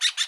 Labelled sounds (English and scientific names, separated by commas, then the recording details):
Brown-throated Parakeet (Eupsittula pertinax) contact call
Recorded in Bonaire
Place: 1 km N of power plant, rd to Republiek
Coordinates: 12.184, -68.285